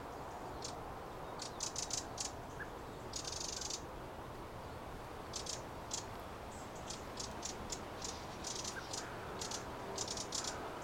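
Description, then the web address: Eurasian wren producing clustered dry clicks and one drawn-out buzzy churr, with more ticks scattered toward the end over hiss. "pub SETE data Troglodytes troglodytes"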